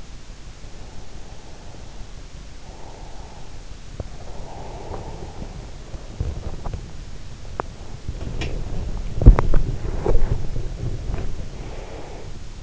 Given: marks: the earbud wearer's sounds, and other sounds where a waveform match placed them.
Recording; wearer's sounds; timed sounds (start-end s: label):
sounds in sleep by an in-ear microphone; breath, body movement
0.88-3.71 s: breath
3.95-5.77 s: breath
5.86-11.74 s: body movement
8.13-8.77 s: sound from someone else or the room
11.25-12.63 s: breath